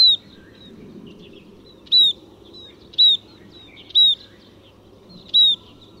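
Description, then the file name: Scaly-breasted munia repeating a high, arched call note several times, about once a second, over soft background noise. "斑文鳥"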